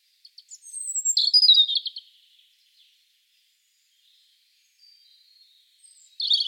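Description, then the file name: European robin song: a sharp, descending sequence of high twittering notes, a quiet pause with faint song behind, then another phrase starts abruptly. "Erithacus rubecula"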